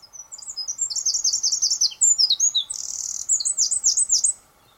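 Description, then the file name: Eurasian wren song, a loud, very high, rapid outpouring of sharp notes with a dry buzzy trill midway, lasting about four seconds before stopping. "Troglodytes troglodytes"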